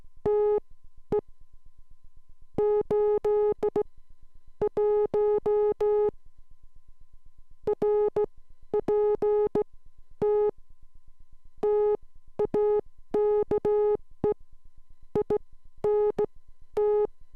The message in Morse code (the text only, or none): TE 81 RPT TAKE INT